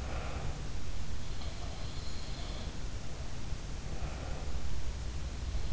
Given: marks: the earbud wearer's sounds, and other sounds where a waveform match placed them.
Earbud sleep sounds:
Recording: sounds in sleep by an in-ear microphone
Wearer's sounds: breath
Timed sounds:
0.03-0.62 s: breath
1.38-2.82 s: sound from someone else or the room
3.84-4.72 s: breath

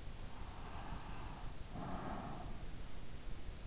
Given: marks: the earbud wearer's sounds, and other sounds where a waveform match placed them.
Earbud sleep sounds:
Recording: sounds in sleep by an in-ear microphone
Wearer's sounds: breath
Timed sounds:
0.36-3.00 s: breath

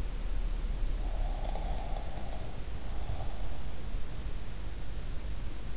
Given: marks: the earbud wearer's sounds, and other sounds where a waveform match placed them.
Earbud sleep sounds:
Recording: sounds in sleep by an in-ear microphone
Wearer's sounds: snoring breath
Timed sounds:
1.12-3.64 s: snoring breath

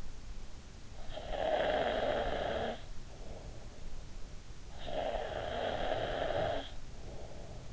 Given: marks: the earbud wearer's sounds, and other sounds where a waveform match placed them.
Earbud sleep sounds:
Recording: sounds in sleep by an in-ear microphone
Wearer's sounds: snoring breath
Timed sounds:
0.85-4.13 s: snoring breath
4.28-7.73 s: snoring breath

